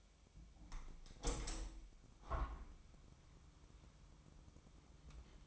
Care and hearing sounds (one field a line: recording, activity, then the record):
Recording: daily activity, microphone in the room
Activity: open window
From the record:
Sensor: 1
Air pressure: 1006.6 hPa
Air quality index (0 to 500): 209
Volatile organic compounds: 24 ppm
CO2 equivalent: 2816 ppm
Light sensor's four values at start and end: 12/30/12/13 and 12/32/12/14